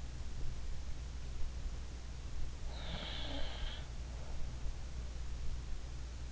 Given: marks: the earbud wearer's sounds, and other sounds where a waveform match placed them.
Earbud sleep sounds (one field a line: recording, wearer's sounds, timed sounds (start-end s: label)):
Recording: sounds in sleep by an in-ear microphone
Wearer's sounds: breath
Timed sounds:
2.40-3.83 s: breath